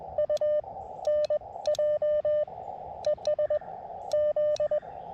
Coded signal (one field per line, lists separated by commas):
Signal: Morse code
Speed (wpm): 18 wpm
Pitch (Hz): 590 Hz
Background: radio noise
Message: UNJ ES Z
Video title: CW POTA at K-2032 with the Elecraft KX2 and AX2 antenna